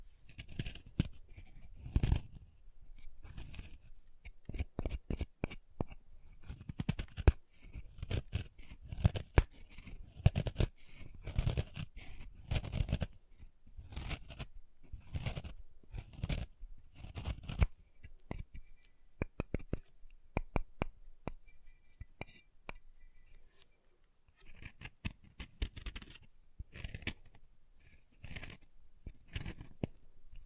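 Chalk is carved and cut in quick, irregular scrapes and crunchy snips, dense clusters of sharp gritty strokes with brief pauses throughout.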